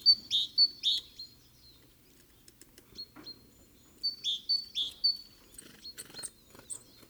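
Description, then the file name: Great tit giving two short runs of sharp, high chirping notes separated by a quiet gap, with scattered clicks and a faint low hum behind. "Parus major"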